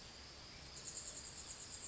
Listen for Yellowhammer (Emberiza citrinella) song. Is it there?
no